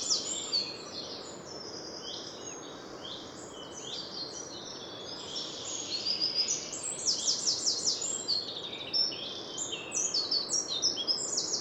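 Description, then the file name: Eurasian wren giving an extended, rapid outpouring of shrill chattering notes and trills, nearly unbroken for the whole stretch, against steady background hiss. "Troglodytes troglodytes"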